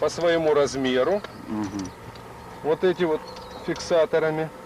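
Someone talks while a pilot tightens the straps of an ejection seat harness in a MiG-25 to size and secures them with the locking fixtures, over a steady low background hum. The harness strap lock has not seated or clicked yet.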